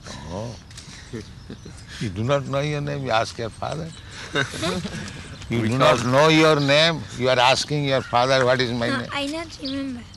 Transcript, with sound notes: Oh! You do not know your name? You ask your father? [laughter] You do not know your name? You are asking your father, "What is my name?"
No, I don't remember.